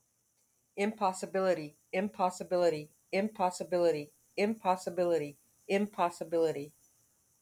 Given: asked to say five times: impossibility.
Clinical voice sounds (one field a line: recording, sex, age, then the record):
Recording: repeated word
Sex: female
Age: 40 to 49 years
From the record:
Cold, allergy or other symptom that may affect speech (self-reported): no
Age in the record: 45 years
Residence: Georgia, United States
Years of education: 16